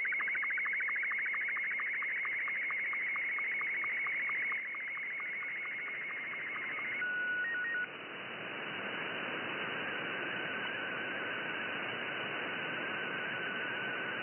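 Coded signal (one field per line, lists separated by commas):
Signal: SSTV (slow-scan television)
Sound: rapid warbling chirpy tones with regular ticking pulses, then a steady whistle over hiss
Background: radio static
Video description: SSTV decoding with SDR Play 1 and G5RV 10-80m dipole antenna. 20 meters band CQ de PE1JTU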